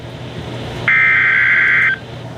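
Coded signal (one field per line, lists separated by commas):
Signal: Emergency Alert System (SAME) tones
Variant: header bursts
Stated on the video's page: EAS Severe Thunderstorm Watch alert, received overnight.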